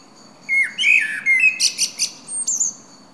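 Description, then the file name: Common blackbird song phrase: rich fluty warbling that dips and rises, followed by a rapid series of several high squeaky notes and a thin final whistle. "Turdus merula"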